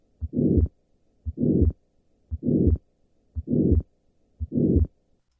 The soft early peaking murmur of severe right ventricular outflow obstruction in tetralogy of Fallot.